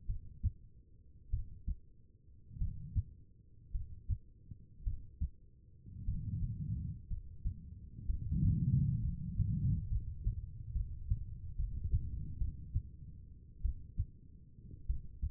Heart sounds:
heart sounds by stethoscope; 57 bpm
0.07 s: heartbeat
1.30 s: heartbeat
2.58 s: heartbeat
3.72 s: heartbeat
4.84 s: heartbeat
6.05 s: heartbeat
7.08 s: heartbeat
8.06 s: heartbeat
9.01 s: heartbeat
9.88 s: heartbeat
10.73 s: heartbeat
11.56 s: heartbeat
12.38 s: heartbeat
13.62 s: heartbeat
14.87 s: heartbeat
From the record:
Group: healthy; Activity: rest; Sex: female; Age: 36 years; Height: 163 cm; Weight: 88 kg

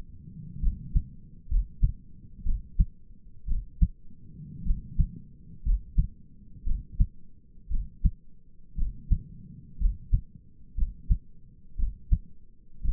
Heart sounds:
heart sounds by stethoscope; 59 bpm
0.63 s: heartbeat
1.50 s: heartbeat
2.46 s: heartbeat
3.48 s: heartbeat
4.66 s: heartbeat
5.65 s: heartbeat
6.66 s: heartbeat
7.71 s: heartbeat
8.78 s: heartbeat
9.80 s: heartbeat
10.77 s: heartbeat
11.79 s: heartbeat
12.84 s: heartbeat
From the record:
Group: healthy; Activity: rest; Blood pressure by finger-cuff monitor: 107/65 mmHg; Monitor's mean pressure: 78 mmHg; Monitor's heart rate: 59 bpm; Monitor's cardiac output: 5.5 L/min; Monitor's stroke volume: 93 mL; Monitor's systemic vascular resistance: 1040 dyn s/cm5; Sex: male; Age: 22 years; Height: 181 cm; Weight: 79 kg

